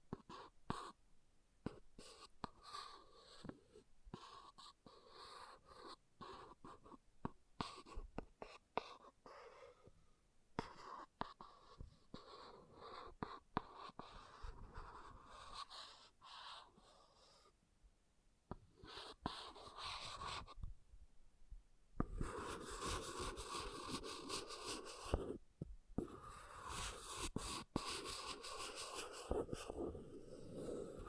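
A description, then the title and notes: An object scratches in uneven bursts of rough, hissy strokes, growing louder and denser after about 22 seconds, with brief quiet gaps between. ASMR Brain Melting Object Scratching (No Talking).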